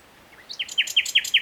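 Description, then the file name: Common nightingale song fragment: a soft thin lead-in, then five quick, evenly spaced sharp notes repeated rapidly. "Luscinia megarhynchos"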